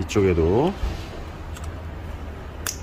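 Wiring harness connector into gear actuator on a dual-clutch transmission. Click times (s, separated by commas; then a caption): 2.7 s. Someone talks briefly, then the second side of the gear actuator wiring harness connector is pushed onto the dual-clutch transmission of an Avante AD diesel, which is being worked on for fault code P074B71: a third-gear select engagement fault where only the even gears shift. After a faint tick near 1.6 s, the connector snaps into place with a sharp click at 2.7 s and is seated.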